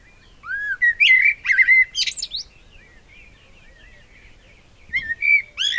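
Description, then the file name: Eurasian blackbird singing a fluted warbling phrase that climbs into a high twittery finish, then a long quiet gap before another phrase begins near the end. "Turdus merula"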